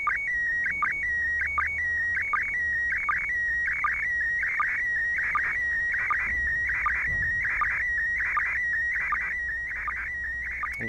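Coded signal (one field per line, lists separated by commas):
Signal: SSTV (slow-scan television)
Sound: warbling, chirping tones with a steady whistle and rhythmic low blips about every 0.8 seconds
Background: low hum, radio static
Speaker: two minutes into this transmission right here one more minute to go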